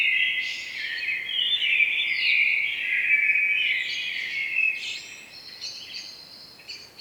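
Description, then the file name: Common blackbird song, a long continuous stretch of rich, fluty warbling with high squeaky notes, fading toward the end. "Turdus merula"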